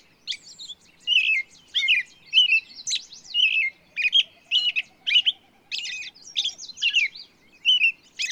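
Bird singing a varied, jumbled song of high chirps, warbles and slurred whistles in quick phrases, with a faint low pulsing series midway.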